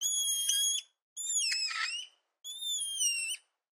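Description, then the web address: Spider monkeys screeching: three shrill, whistled calls, each about a second long, separated by short silences. Several monkeys screeching. "Blastwave. spider monkey screech multiple"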